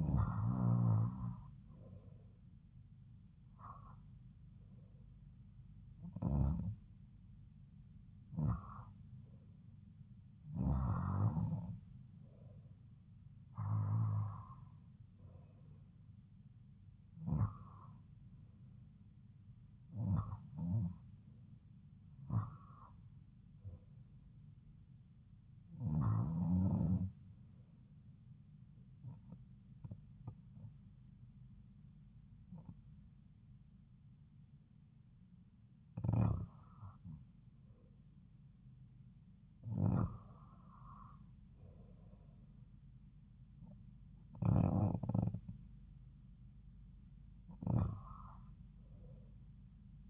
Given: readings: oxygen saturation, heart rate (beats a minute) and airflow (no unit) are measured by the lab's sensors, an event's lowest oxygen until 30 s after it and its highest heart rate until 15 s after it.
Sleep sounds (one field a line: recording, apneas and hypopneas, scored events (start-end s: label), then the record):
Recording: breathing in sleep by a smartphone at the bedside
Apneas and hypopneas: none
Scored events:
none scored
From the record:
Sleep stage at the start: REM sleep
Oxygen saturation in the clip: 90 to 92%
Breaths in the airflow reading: 15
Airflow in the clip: -4.2 to 5.4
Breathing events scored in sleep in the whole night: 270 in 6.1 hours asleep